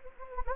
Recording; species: mosquito wingbeat signal from an infrared sensor; Anopheles gambiae